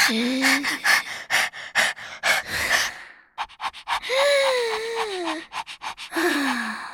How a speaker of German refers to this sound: Man kann leise atmen oder verschiedene Geräusche dabei machen. Probiert's mal aus.